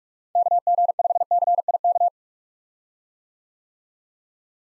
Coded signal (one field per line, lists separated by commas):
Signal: Morse code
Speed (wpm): 46 wpm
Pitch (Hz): 700 Hz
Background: none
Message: KG5CIK